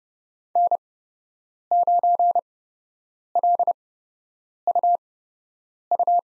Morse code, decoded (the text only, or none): N9LUU